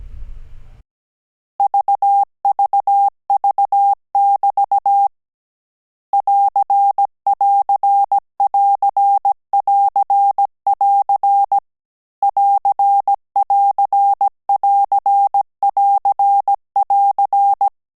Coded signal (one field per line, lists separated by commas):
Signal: Morse code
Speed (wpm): 17 wpm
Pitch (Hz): 800 Hz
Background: none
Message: VVV<BT> <AR><AR><AR><AR><AR> <AR><AR><AR><AR><AR>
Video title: Morse Code - AR and AS - Last Lesson 18 – End of Course